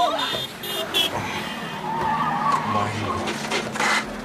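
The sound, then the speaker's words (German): A car driven by a thin, small man skids past with high, wavering tire squeals over a low engine rumble, the screech rising and sliding for several seconds before cutting off abruptly. “Ihr habt den dünnen kleinen Mann gesehen. Am Steuer. Was? Ja, von dem Auto da.”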